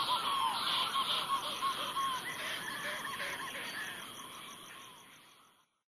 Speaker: Wa'u, or Hawaiian petrels, utter their bizarre calls as they return to their burrow nests around 9 in the evening.